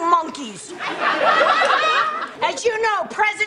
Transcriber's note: laughter